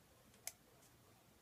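A plastic wheel adapter is pressed onto the axle of a Tamiya Lunchbox RC car. One sharp, bright click sounds at 0.5 s against a quiet background, and the adapter snaps into place, seated.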